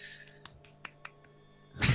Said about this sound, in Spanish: Ha aplaudido el tío. Un aplauso un poco más fuerte para la fotografía de la película.